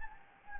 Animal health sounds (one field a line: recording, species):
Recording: mosquito wingbeat signal from an infrared sensor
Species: Anopheles gambiae